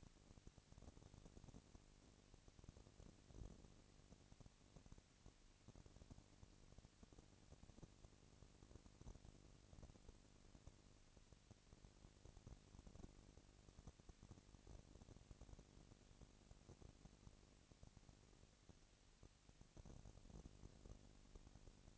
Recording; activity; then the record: daily activity, microphone in the room; no activity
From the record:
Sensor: 4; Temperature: 22.3 degrees Celsius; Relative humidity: 31.9%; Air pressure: 997.8 hPa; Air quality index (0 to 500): 203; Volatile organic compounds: 17 ppm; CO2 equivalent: 2570 ppm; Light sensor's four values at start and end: 2/3/1/1 and 2/3/1/1